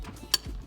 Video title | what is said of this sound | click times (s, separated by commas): 6.7 Powerstroke S&B Cold Side - F250 F350 F450 | There, you heard it snap into place. | 0.3 s